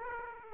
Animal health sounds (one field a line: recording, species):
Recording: mosquito wingbeat signal from an infrared sensor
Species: Aedes aegypti